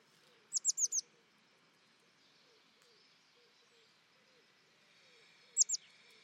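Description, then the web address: Bird calls: a four-note burst of high, descending chirps and a brief two-note burst later, over steady background noise and faint lower twittering. "cianscape birddata Deverinetal 2025 Bird Only"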